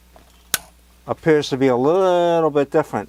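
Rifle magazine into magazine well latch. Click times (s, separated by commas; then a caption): 0.5 s. A rifle magazine is rocked into its final locked position in the rifle's magazine well latch, seating with a sharp metallic click at 0.5 s that is much more secure. A faint tick comes at 0.2 s, and from about 1.1 s someone talks.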